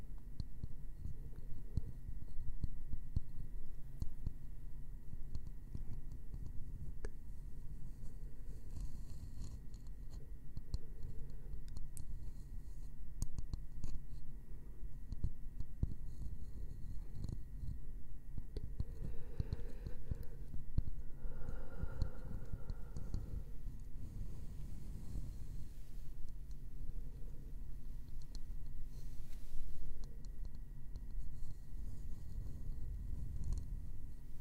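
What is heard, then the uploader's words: Soft tapping and scratching on wood runs steadily through the whole stretch, a dense patter of small, quiet clicks over a low, muffled rustle. Around twenty seconds the scratching swells briefly into a brighter, smoother scraping before settling back to gentle taps. ASMR gentle Wood Triggers - tapping & scratching.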